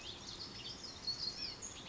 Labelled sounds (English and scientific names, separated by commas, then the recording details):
Western Tanager (Piranga ludoviciana)
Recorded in Sonoma County, California